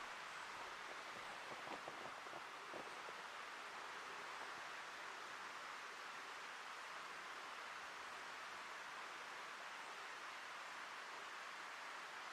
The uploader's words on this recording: Ancient Forest Preserve, a 40 acre non-contiguous annex to the 5200 acre Forest Park of Portland, Oregon, one of the largest urban parks in the US.